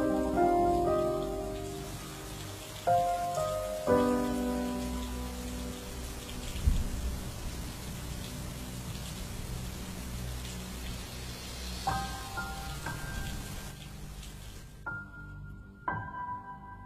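Steady rain falls outdoors, hissing throughout in a dense even patter with no one speaking, while a few soft sustained musical notes drift in and out over it before the rain cuts off near the end.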